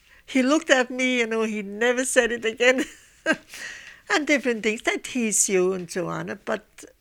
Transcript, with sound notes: He look at me, you know. He never said it again. ( she laughs ) And different things. They tease you, and so on. But